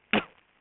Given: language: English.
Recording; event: throat vibration sensor signal played as sound; cough